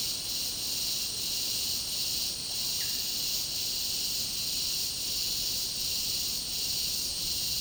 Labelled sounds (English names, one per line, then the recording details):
none
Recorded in secondary vegetation near Puerto Asís, Putumayo, Colombia, on 20 February 2024 at 10:00
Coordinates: 0.489, -76.322
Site G6419